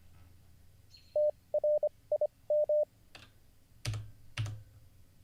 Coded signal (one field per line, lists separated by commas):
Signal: Morse code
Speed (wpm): 26 wpm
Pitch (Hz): 600 Hz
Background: none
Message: TRIM